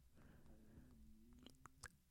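A low, drawn-out gurgling rumble with a sliding tone and a few wet clicks: ordinary stomach growling from an adult's abdomen.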